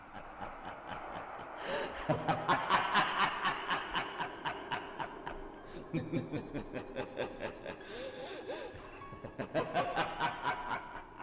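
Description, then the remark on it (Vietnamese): A crow's eerie cackling laugh comes in three bursts of rapid, harsh staccato notes, rising and falling in loudness, with no talking alongside. “Con quạ phát ra tiếng cười khành khạch. cái âm thanh quỷ dị mà đáng lẽ ra không thể nào có được ở một con quạ.”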